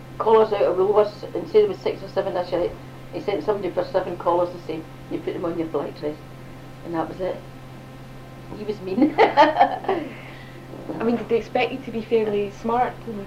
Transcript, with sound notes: collars out of Woolworths, and say for six or seven usherettes, he'd send someone for seven collars let's say, and you'd put them on your black dress and that was it! He was mean! [laughs]
I mean, did they expect you to be fairly smart?